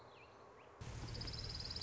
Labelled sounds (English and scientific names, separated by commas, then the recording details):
Orange-crowned Warbler (Leiothlypis celata)
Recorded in Sonoma County, California